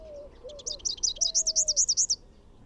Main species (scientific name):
Basileuterus rufifrons